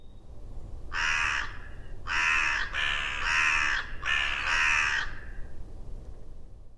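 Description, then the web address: Bird giving harsh, hoarse cawing calls, six rough notes, a single then close groups, over about four seconds, with a low steady rumble underneath. "cianscape. Deverinetal. Bird Only"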